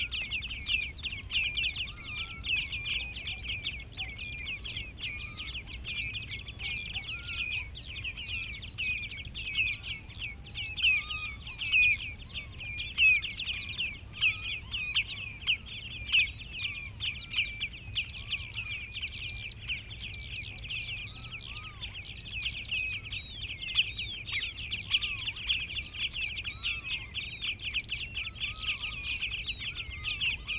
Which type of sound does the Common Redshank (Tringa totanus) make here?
call